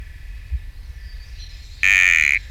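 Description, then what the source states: Sticky frog call: one loud, buzzy note of about half a second near the end, over a faint, steady background. Recorded at Camp IV; genus Kalophrynus, species not identified.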